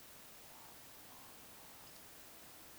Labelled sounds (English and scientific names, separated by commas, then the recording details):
Eurasian Woodcock (Scolopax rusticola) whistle, Eurasian Woodcock (Scolopax rusticola) croak
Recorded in Baden-Württemberg, Germany, on 21 June 2020 at 02:23 UTC
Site 49006, 684 m above sea level